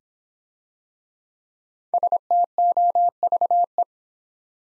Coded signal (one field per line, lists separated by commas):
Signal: Morse code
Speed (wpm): 26 wpm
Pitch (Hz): 700 Hz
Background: none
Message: STOVE